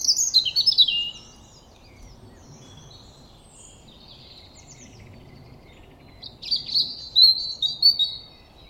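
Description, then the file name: European robin song: a high, thin warbled phrase of quick varied notes, a long pause, then another sparkling tumbling phrase near the end. "Erithacus rubecula"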